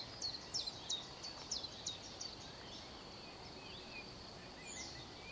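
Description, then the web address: Eurasian blackcap calls: a quick run of short, sharp high notes over the first two seconds, then fainter scattered chirps above a steady high hum. "SETE data Sylvia atricapilla"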